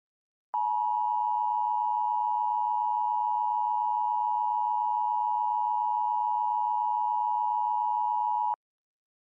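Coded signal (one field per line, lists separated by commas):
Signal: Emergency Alert System (SAME) tones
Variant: 853 and 960 Hz attention tone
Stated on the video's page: Fictional personalized EAS made by the creator, inspired by a film; the EAS tones are stated to be valid.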